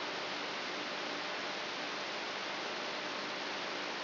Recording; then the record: brain microelectrode recording played as sound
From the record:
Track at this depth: inside the subthalamic nucleus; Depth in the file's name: 5.816 mm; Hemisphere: left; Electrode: 3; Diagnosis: Parkinson's disease